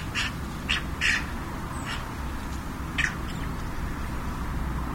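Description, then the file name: Eurasian magpie giving harsh, rasping call notes in short bursts, a quick cluster in the first second and a single note near three seconds, over steady low background rumble. "Pie bavarde"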